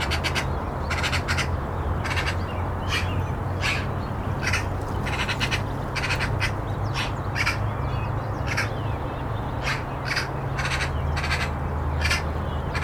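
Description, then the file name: Eurasian magpie delivering many harsh, rasping notes, often run together into quick rattles, nearly continuous throughout, against a persistent low-pitched background hum. "Pica pica"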